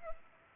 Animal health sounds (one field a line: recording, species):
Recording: mosquito wingbeat signal from an infrared sensor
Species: Culex pipiens